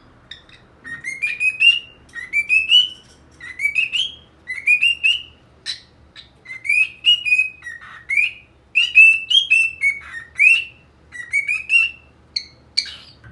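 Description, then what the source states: Cockatiel whistled song: a steady run of bright whistled phrases, each sliding upward, with short chirps between. Song for training a pet cockatiel.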